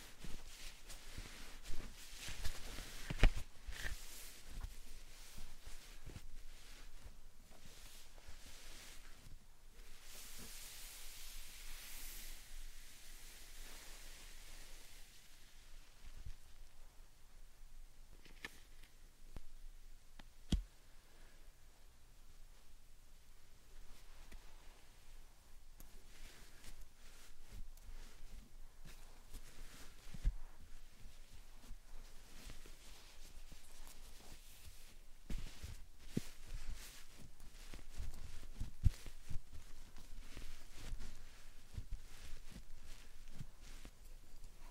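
Soft slime and sand triggers with steady crackling, squishing and grainy rustling throughout. Sharp clicks and pops punctuate the texture every few seconds, with a brighter hissing stretch around ten to fifteen seconds. The level stays low and even apart from these small peaks.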